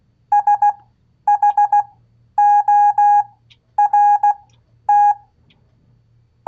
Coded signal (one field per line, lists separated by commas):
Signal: Morse code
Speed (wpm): 16 wpm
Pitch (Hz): 820 Hz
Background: none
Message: SHORT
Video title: Ham Radio Live! #HRL 170 QSL Cards NEEDED 4 Brazilian Scouts SEE Description! Kenwood 590 Review Pt2